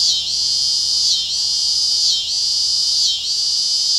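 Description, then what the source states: Scissor-grinder cicada song: a shrill, sustained buzz broken by brief dips about once per second, giving a throbbing, rhythmic quality. Tibicen pruinosa, recorded 19 August 2007.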